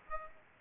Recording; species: mosquito wingbeat signal from an infrared sensor; Aedes aegypti